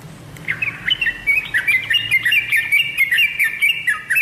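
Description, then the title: Oriental magpie-robin song: a fast run of clear chirped and slurred notes, rising and falling, several notes each second with little pause. "Kicau Kacer"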